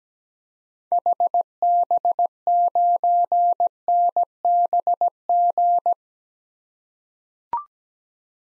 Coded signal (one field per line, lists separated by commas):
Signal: Morse code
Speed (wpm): 17 wpm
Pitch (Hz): 700 Hz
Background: none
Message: HB9NBG